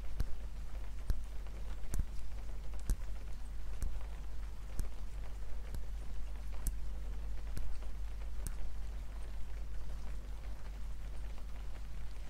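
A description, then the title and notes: Slow, even glass taps land about once a second, crisp, over a steady bed of soft rain hiss and a constant low rumble. The taps keep their rhythm for the first eight and a half seconds, then fade out, leaving just the rain. ASMR slow rhythmic glass tapping & rain - no talking.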